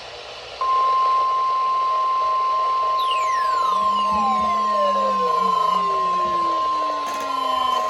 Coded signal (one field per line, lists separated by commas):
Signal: Emergency Alert System (SAME) tones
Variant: 1050 Hz attention tone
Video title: (EAS #128) KLOT Required Weekly Test